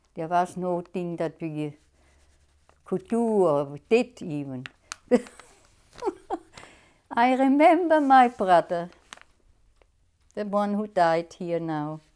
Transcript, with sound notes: There was no thing that we could do or did even. (she laughs) I remember my brother, the one who died here now.